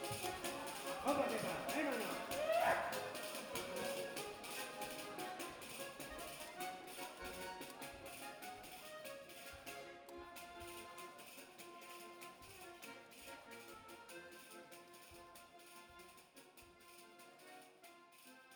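A Basque Country field recording of dense, irregular tapping and clicking, with a few brief whistling notes early on, slowly fading quieter.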